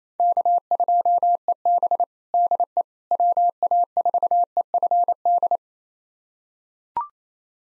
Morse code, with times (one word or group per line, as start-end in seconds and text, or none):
0.2-2.0 K2EB
2.3-2.8 DE
3.1-5.6 WA4EFD